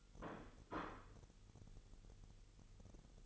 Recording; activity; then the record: daily activity, microphone in the room; place plate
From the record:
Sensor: 4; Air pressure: 989.4 hPa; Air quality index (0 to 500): 212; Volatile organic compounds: 61 ppm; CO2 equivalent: 3424 ppm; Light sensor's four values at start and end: 26/91/33/35 and 26/91/33/35